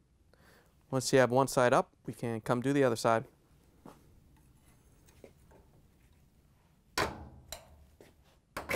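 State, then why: Released. Someone talks, then a putty knife is slid into the gap at the second front corner of a Whirlpool/KitchenAid/Maytag washer top and twisted against the plastic spring lock (top panel lock WP8563785) in the washer cabinet. The lock springs open with a sharp click at 7.0 s, followed by a few lighter knocks. Both top panel locks are now released.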